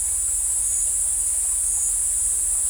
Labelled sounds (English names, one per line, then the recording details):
none
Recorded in dense forest near Puerto Asís, Putumayo, Colombia, on 20 December 2024 at 14:00
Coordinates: 0.467, -76.328
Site GP05